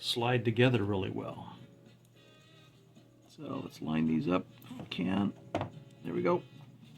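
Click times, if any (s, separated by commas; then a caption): none. A plastic part from a Trumpeter 1/200 USS Iowa BB-61 model kit, lubricated with glue, is lined up with its mating part and handled as someone talks over soft background music. The clip ends before the part goes home; nothing has seated or clicked yet.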